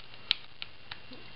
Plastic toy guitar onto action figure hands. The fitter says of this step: donc en fait on a les gros boutons ici qui vont se clipser au niveau des lices ainsi